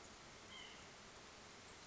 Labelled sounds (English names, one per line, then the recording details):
White-breasted Nuthatch
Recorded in Sonoma County, California